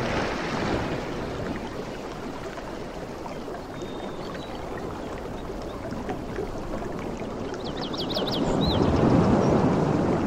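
Soft tropical beach sounds: a steady, dense wash of low surf rolling on without pause, swelling louder in the last two seconds as a wave builds. Around eight seconds a few quick, high bird chirps ring out above the water.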